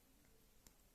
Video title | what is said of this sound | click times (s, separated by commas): Com'è fatto un orologio da polso - parte 3. La regolazione di ora e data | donc allons dévisser le remontoir couronne ça l'a fait, ça se sent juste | 0.7 s